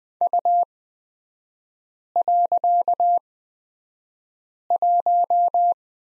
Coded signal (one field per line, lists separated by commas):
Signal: Morse code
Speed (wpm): 20 wpm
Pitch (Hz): 700 Hz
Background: none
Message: U.1